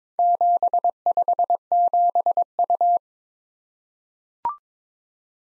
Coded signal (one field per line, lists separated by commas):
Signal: Morse code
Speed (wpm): 22 wpm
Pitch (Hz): 700 Hz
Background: none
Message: 757U